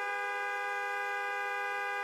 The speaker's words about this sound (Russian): Вика услышала долгий автомобильный гудок